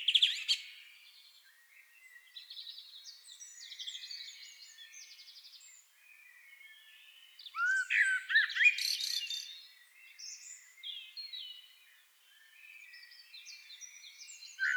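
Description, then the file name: Common blackbird song with loud mellow warbled phrases near the start and middle, each followed by softer high-pitched chattering twitters. "Turdus merula"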